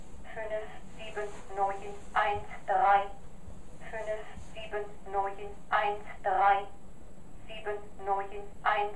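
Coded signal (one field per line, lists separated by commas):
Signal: numbers station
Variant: German female machine voice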